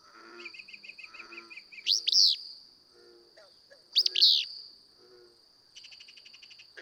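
Willow flycatcher giving two explosive, buzzy song phrases about two seconds apart, preceded by a rapid series of thin chips, with a constant high-pitched insect whine behind.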